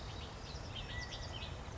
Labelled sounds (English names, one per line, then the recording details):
California Quail
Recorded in Sonoma County, California